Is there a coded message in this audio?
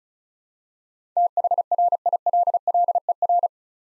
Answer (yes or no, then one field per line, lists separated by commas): yes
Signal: Morse code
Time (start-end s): 1.2-3.5 s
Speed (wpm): 36 wpm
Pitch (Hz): 700 Hz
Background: none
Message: THRILLER